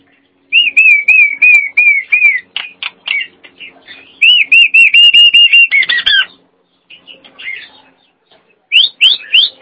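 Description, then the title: Nias hill myna song: a wavering whistled phrase, clicks, then a second looping whistle series and, after a pause, sharp rising whistles. "Jalak Nias"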